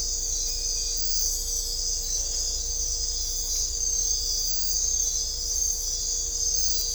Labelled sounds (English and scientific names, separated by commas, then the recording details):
none
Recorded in dense forest near Puerto Asís, Putumayo, Colombia, on 16 December 2024 at 04:30
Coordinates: 0.500, -76.322
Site G053